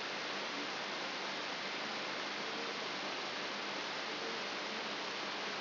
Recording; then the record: brain microelectrode recording played as sound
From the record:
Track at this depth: inside the subthalamic nucleus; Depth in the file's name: 1.505 mm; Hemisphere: left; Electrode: 3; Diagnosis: Parkinson's disease